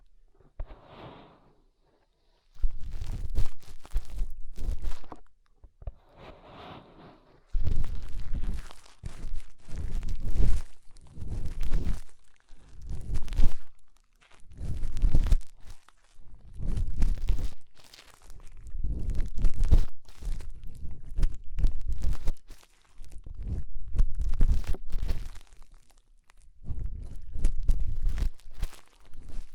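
Fingers rub and scrape inside the ear in a series of muffled, crunchy bursts, each lasting about a second, with short pauses between them. The rubbing is mostly low and thick, with crackly edges, and near-silent gaps near the start.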